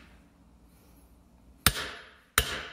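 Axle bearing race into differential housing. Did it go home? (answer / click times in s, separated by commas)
no / none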